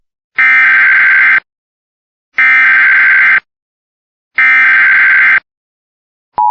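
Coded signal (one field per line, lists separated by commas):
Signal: Emergency Alert System (SAME) tones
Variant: header bursts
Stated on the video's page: Virginia EAS administrative message for a critically endangered woman.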